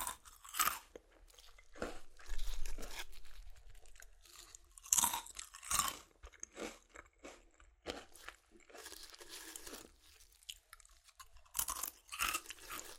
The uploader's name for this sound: Satisfying Chips Crunchy Crushing & Eating Sounds